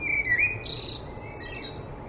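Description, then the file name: Common blackbird calls: a thin high whistle near the start, then a burst of harsh, high chattering notes, with fainter squeaky notes trailing after. "Turdus merula"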